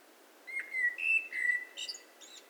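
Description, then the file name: Common blackbird song phrase: mellow fluty whistles, level and slightly falling, then a brief burst of high, scratchy twittering notes. "Turdus merula"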